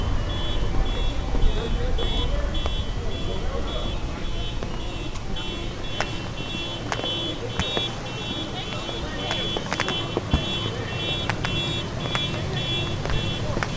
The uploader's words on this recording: Chicago Field Recordings. Screaming and Horn Honking on California Ave.